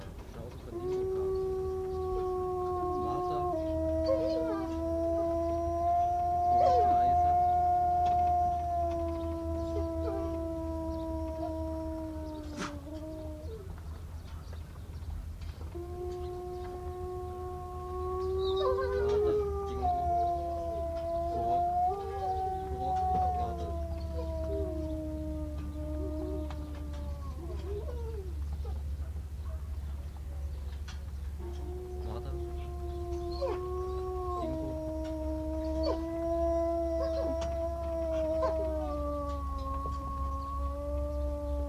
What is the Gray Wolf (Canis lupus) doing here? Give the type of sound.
howling